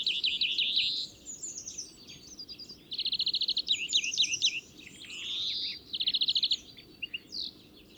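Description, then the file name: European greenfinch song with quick metallic trills, twittered phrases and a rising nasal wheeze, interrupted by short gaps between bursts. "Chloris chloris"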